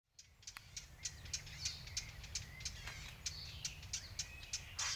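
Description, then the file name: Eurasian blackcap giving quick, hard tack calls, several per second at times, with faint thin whistles of other birds behind. "Sylvia atricapilla"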